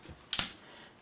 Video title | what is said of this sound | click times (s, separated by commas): How to clean your Camera | and when you hear the click it's locked in just make sure | 0.3 s, 0.4 s